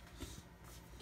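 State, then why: Not seated. The plastic drip tray and used-capsule container of a Nespresso Creatista Plus by Breville coffee machine are pushed back toward the machine base, producing soft shuffling and handling noises with a few low bumps. Nothing has seated or clicked yet; the tray is handled but not yet home.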